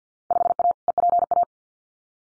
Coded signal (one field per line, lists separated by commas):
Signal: Morse code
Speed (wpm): 50 wpm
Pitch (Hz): 700 Hz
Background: none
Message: 5A EPA